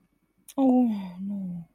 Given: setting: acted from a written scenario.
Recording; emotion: vocal sound without words; embarrassment